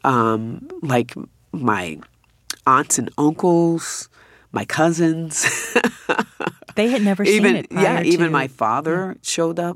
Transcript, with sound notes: like my aunts and uncles, my cousins (laughter).
They had never seen it prior to...
Yeah. Even my father showed up.